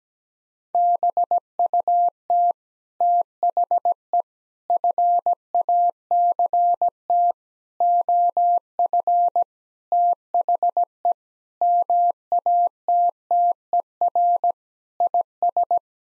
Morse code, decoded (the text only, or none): BUT THE FACT OF THE MATTER IS